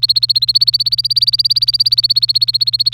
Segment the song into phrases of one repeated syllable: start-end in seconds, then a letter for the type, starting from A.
0.02-2.94 A